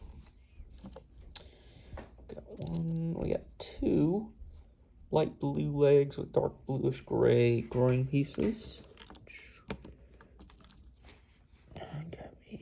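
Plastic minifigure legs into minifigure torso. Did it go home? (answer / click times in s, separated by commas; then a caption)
no / none. Someone talks while trying to fit a pair of light blue plastic minifigure legs with dark bluish gray pieces onto a minifigure torso, with small plastic clicks and taps as the parts are handled. The legs never click into the torso, which suggests they are not genuine Lego.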